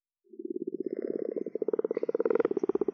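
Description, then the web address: Common frog giving a low, purring croak: a rapid series of grunting pulses that builds in strength and runs for about three seconds. "Common or Grass Frog"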